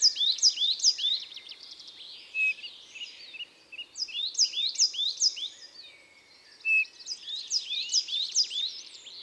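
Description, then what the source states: Coal tit song, high rapid repeated whistled notes in runs, recurring throughout, amid other high chirping. Recorded in Isère, France.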